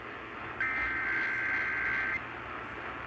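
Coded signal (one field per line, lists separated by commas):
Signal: Emergency Alert System (SAME) tones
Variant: header bursts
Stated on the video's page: Real, valid weekly test tones captured off the air.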